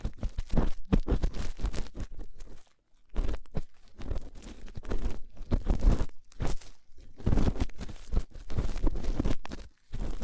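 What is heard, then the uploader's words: Rough ear cleaning produces dense crunching and scraping bursts in irregular rapid clusters, with brief silent gaps near three seconds and ten seconds. ASMR Rough Ear Cleaning (No Talking).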